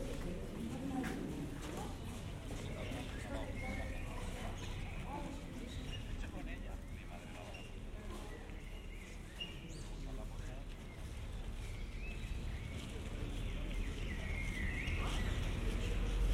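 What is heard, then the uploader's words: Art lovers at the Stedelijk Museum fill the air with a steady murmur of many overlapping voices, no single speaker standing out. The chatter stays even throughout, over a low rumble, with occasional footsteps or light knocks and brief brighter voices rising now and then. Generative soundscape based on a two-dimensional random walk between four binaural soundscapes recorded in Amsterdam. Art lovers at the Stedelijk Museum.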